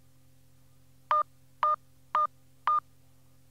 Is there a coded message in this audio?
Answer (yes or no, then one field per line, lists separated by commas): no